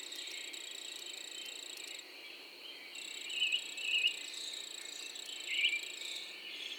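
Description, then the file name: Cricket holding a continuous high trill, with a fainter higher tone above it that drops out for about a second, and a few louder chirps in the second half. A single cricket calling in the early morning, April 2012. "freesound Early AMBirds Lone Cricket"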